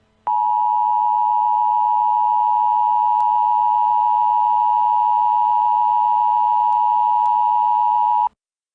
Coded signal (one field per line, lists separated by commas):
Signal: Emergency Alert System (SAME) tones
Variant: 853 and 960 Hz attention tone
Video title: EAS Scenario : A Call To Arms